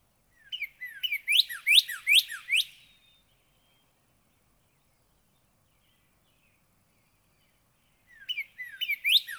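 Northern cardinal song: a rapid run of bright slurred whistled notes, silence for several seconds, then the phrase starts again.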